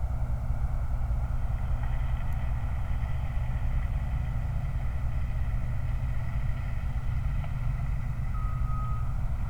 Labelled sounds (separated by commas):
flare stack, vehicle